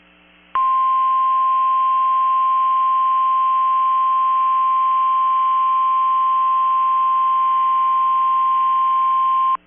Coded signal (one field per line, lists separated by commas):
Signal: Emergency Alert System (SAME) tones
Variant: 1050 Hz attention tone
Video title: 12/7/22 - KEC65 Required Weekly Test (EAS #696)